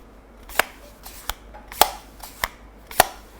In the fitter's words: you know they have this really satisfying click when you open and close them